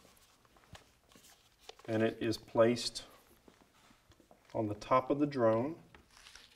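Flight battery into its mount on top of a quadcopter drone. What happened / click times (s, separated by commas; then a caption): The battery is set in place but has not latched yet / none. A flight battery is handled and placed onto its mount on top of a Microdrones MD4-1000 quadcopter drone, lined up with its clip marks, while someone talks. Faint taps and handling noises are heard around the speech, and nothing has seated or clicked into place yet.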